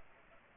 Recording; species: mosquito wingbeat signal from an infrared sensor; Culex pipiens